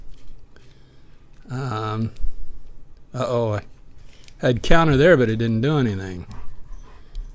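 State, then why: Seated. While a lock is being picked, a pin at the back of the lock cylinder sets at the shear line, and someone talks over faint ticks from the pick. A small, sharp click at 7.2 s marks the pin setting.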